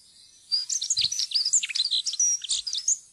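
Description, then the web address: Dunnock song: one rapid, high, jingling warble lasting about two and a half seconds, made of squeaky notes. "fuglelyder jernspurv"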